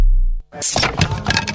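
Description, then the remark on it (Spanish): A low steady hum gives way to a loud, sharp crack as a table edge breaks, followed by a burst of splintering, crunching noise that rattles on for about a second. “Rompiste el borde de la mesa, pero había sed de Brahma.”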